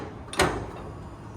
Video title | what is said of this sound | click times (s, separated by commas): Virtual Walkthrough of the 2024 Forest River Sierra 3990FL Fifth Wheel at Parkland RV Center | We're going to push it back down on the handle, let the steps come up, lock into place. | 0.4 s